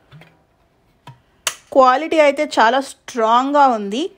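The button on the plastic flip lid of a black 32-ounce (946 ml) smart water bottle is pressed, releasing the lid that locks when pushed down so it won't leak. Faint ticks come at about 0.1, 0.2 and 1.1 seconds, and the lid pops open with a sharp click at 1.5 seconds. Someone then talks.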